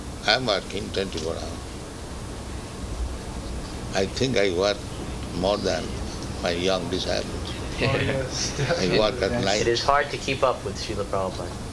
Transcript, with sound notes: I am working twenty-four hours. I think I work more than my young disciples. [laughter]
Oh, yes, definitely.
I work at night.
It is hard to keep up with Śrīla Prabhupāda.